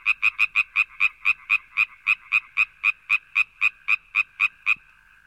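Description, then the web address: Frog calling with a rapid, regular string of harsh croaking pulses, slightly quicker at the start. "audio animali rane rana frog"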